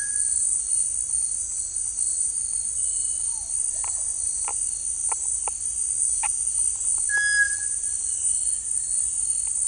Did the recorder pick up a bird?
yes